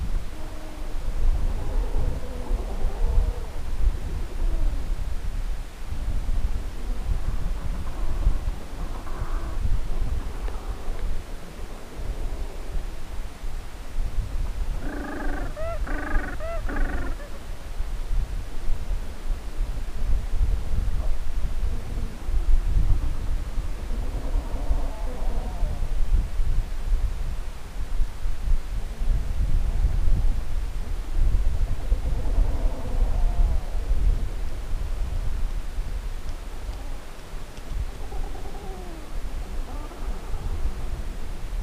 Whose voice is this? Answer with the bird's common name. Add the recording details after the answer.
Gentoo Penguin. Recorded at the colony at Heroina Island, Antarctica, on 10 December 2015. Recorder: Song Meter SM2+